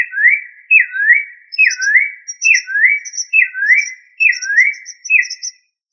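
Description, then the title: Thrush giving whistled notes that dip then slide upward, repeated about every 0.8 seconds in a steady series, with faint higher chips above; otherwise quiet. "Familia Turdidae - Sabia"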